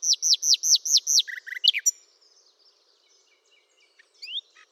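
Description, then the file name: Common nightingale song opening with six loud, evenly repeated hooked notes and a couple of lower chirps, then trailing into faint scattered notes and a rising whistle. "Luscinia megarhynchos"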